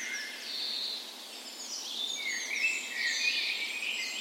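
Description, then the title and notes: Dawn chorus birds, drawn-out whistles and scratchy twittering overlapping in a short busy passage. Dawn chorus on the morning of 17 May, Norway's National Day, in a park west in Bergen, Norway, in full spring; Sony PCM A10 recorder with LOM Usi microphones as tree ears. "17th Of May Dawn Chorus. Recorded on the morning of Norways National Day the 17th of May in a park west in Bergen. Spring is in full effect, and the dawn chorus sounds wonderful!"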